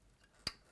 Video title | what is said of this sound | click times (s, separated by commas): Sewing Street – 22/04/2021 – Join Wendy with guests Kerrie from Living In Loveliness & Jayne Brogan | make sure you hear it clip underneath the top piece it's down it's through into there | 0.5 s